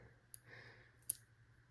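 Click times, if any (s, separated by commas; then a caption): 1.1 s. A Key Unity titanium folding keychain knife, likely model KK06M, has its blade pushed forward into its locked open position in the handle. A faint tick at 0.3 s comes before a sharp click at 1.1 s, over a steady low hum. The blade locks open and seats firmly.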